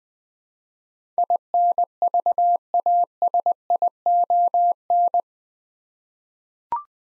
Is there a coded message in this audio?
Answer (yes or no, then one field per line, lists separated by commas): yes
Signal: Morse code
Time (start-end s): 1.2-5.2 s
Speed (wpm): 21 wpm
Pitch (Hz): 700 Hz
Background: none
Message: INVASION